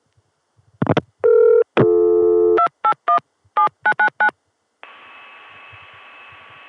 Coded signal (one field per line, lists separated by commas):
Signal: DTMF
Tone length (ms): 90 ms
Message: 2817999